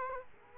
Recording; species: mosquito wingbeat signal from an infrared sensor; Culex quinquefasciatus